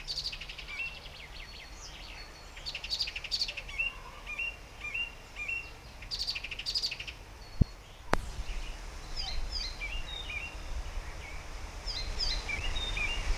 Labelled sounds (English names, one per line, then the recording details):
Icterine Warbler
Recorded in the wild
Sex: male
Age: adult
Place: Erlangen, Bayern, DE
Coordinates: 49.6306, 10.9508
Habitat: pond
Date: 1962-06-13
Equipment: Stellavox SM 5, AKG D19, Original, Vollspur
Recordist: Tretzel, Erwin